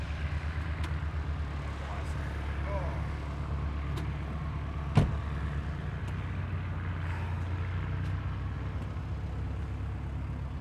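A light aircraft engine drones steadily at an airfield, a low throbbing hum that holds level through the whole stretch. A single sharp knock or clack stands out near the middle, with a few faint ticks and airport sounds scattered around it.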